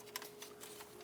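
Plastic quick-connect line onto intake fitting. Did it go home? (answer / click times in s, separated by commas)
no / none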